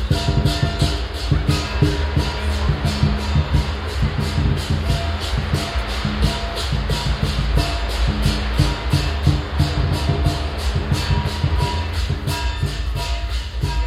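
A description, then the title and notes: Dragon dance music pounds without pause, heavy low drums and crashing cymbals striking fast and steadily, thick and loud with a crowd murmuring beneath. Dragon dance - Chinese New Year Wagenstraat, Den Haag.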